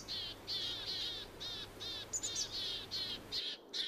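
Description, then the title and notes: Siberian tit calling a steady run of harsh, buzzy notes, about two or three per second, with a faint low hum beneath. "Lapintiainen. Juha Laaksonen. Yle"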